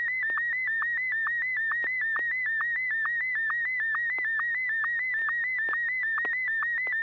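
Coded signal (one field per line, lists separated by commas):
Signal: SSTV (slow-scan television)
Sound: continuous warbling whistle near 2 kHz, cut by rapid regular short lower blips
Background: low mains hum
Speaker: You may fire when ready.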